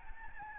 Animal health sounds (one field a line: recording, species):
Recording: mosquito wingbeat signal from an infrared sensor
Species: Aedes albopictus